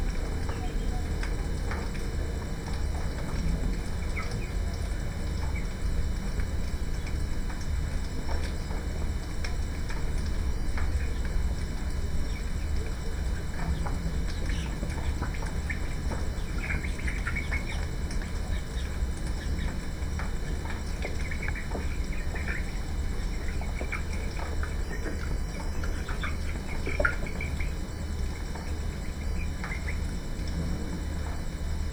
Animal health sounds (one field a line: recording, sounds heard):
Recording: poultry house recording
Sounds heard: healthy chickens